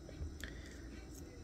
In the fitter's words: take the crown off the threads until you hear it and feel it clicking and at that point you can wind